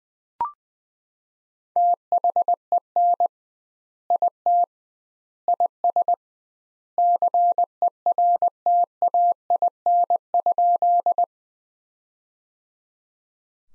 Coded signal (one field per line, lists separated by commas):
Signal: Morse code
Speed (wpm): 20 wpm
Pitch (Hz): 700 Hz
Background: none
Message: THEN IT IS CERTAIN?